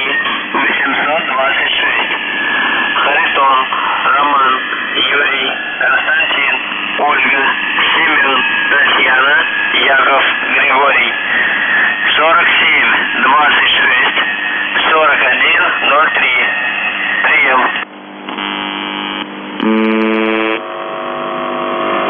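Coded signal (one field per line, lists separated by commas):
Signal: numbers station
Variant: UVB-76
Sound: distorted radio voice speaking for about 18 seconds, then steady harmonic buzzing tones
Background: radio static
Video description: The Buzzer/UVB-76(4625Khz) November 1, 2021 Voice messages; 00:00 0758z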